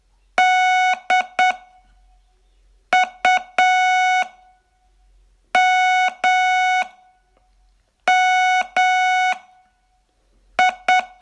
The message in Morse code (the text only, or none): DUMMI